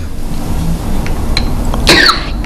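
A single short, harsh cough burst near the end, over quiet room noise, from an adult with a cold who keeps coughing.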